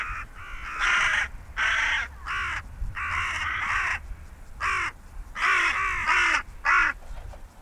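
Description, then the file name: Carrion crow calls: rasping caws in quick, uneven bursts, some drawn out and some clipped, over a low background rumble. "Corvus corone"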